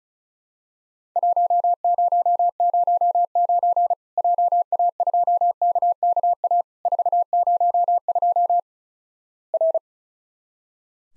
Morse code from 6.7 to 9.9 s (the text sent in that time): 402 R